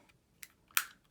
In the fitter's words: there we go clicks in place to just lock it in